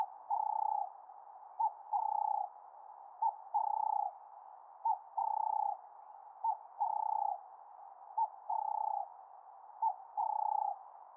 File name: Cape Turtle Dove Cooing